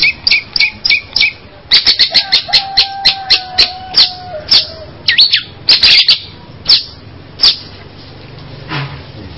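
Long-tailed shrike song: rapid high chips and clicks with a thin sustained whistle in the middle, a brief looping note, then sparser chips.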